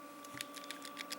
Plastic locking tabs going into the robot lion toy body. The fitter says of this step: They will come loose, but if you push it enough, you hear a little click.